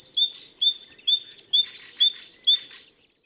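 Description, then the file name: Great tit calling: a high two-part note, sharp upper tone then lower whistle, repeated about twice a second in a steady series, with faint buzzy scratchiness between notes. "Parus major"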